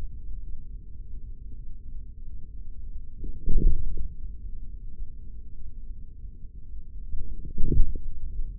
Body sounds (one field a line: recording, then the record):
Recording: forearm muscle sounds (acoustic myography)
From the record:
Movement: forearm pronation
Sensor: system 3, bracelet of six PUI Audio POM-2738L microphones around the upper forearm, with dedicated amplification and filtering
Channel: 2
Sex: male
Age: 56 years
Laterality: right